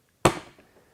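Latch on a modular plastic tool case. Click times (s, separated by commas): 0.2 s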